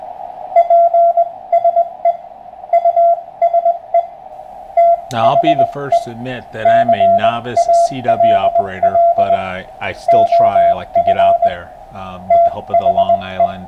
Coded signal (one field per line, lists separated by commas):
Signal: Morse code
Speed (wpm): 20 wpm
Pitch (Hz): 680 Hz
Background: speech, radio noise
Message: PSE USE THE CALL OF THE